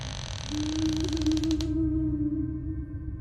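A door swings shut with a drawn-out, mid-pitched creak of its hinges, rising into a sharp rattling squeal before stopping, followed by a low steady hum.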